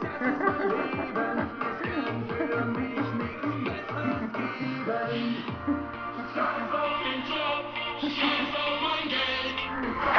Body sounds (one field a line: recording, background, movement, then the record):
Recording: laughter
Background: music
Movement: sitting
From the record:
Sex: female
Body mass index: 25.5 kg/m2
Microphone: on the chest, facing the body